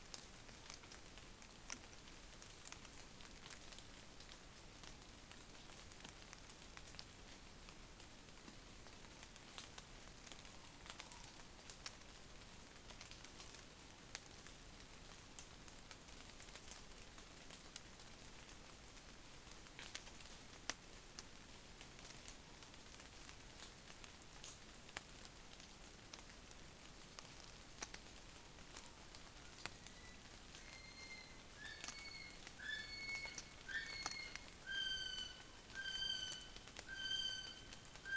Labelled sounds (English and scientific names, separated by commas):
North Island Brown Kiwi (Apteryx mantelli) male call